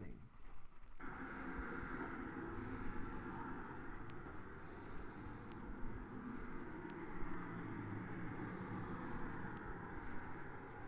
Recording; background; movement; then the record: deep breathing; traffic; walking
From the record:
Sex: male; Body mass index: 21.0 kg/m2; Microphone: on the chest, facing the body